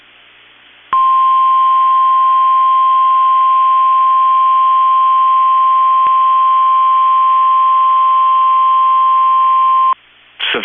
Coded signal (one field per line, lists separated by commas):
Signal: Emergency Alert System (SAME) tones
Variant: 1050 Hz attention tone